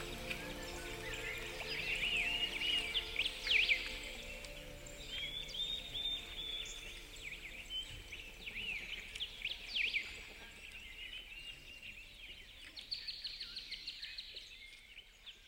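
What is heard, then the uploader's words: Birdsong fills the clip, with bright twittering and chirps clustered high up, busiest and loudest around two to four seconds and again near ten seconds. Quick trills and whistled notes overlap almost continuously, over a soft, steady low hum of background noise. Birdsong.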